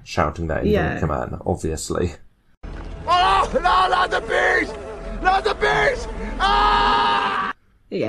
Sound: Clip from The Wicker Man: Nicholas Cage: Ahhh not the bees! Not the bees!!!